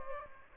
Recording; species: mosquito wingbeat signal from an infrared sensor; Aedes aegypti